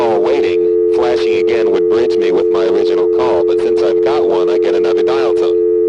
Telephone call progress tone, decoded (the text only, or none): dial tone